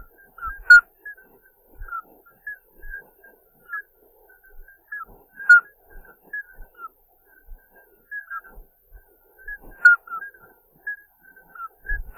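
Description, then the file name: Common midwife toad calls: brief soft whistled peeps scattered irregularly, a few louder notes standing out, with occasional low bumps. "Alytes obstetricans"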